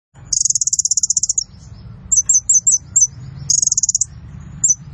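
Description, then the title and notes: Sunbird song opening with a long, very high rapid trill, then a run of quick curling whistles and another trill burst, faint hum beneath. Masteran song for training and luring other birds; described as gacor (vigorous singer), with full isian fills and tembakan bursts. "MASTERAN KOLIBRI NINJA FULL ISIAN DAN TEMBAKAN COCOK BUAT PANCINGAN. Suara Burung Kolibri Ninja Gacor"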